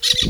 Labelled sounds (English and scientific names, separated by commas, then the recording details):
Brown-throated Parakeet (Eupsittula pertinax) contact call
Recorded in Venezuela
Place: Guárico; Corozopando; Fundo La Fe
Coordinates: 8.506, -67.593